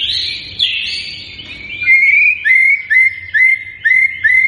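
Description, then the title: White-rumped shama song: a noisy high chatter at first, then clear rising whistled notes repeated about twice a second. Lure recording of an actively singing (gacor) bird, meant to make listening birds respond at once. "PANCINGAN MURAI BATU GACOR"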